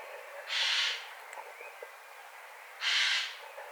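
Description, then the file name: Eurasian jay giving two harsh, rasping screeches about two seconds apart, each a broad noisy burst lasting about half a second, with faint background hiss. "Garrulus glandarius"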